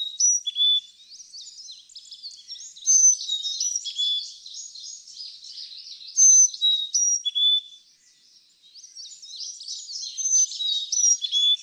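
Carolina chickadee whistling pure high-then-lower notes in short phrases, repeated several times over a steady bed of busy high twittering from other small birds.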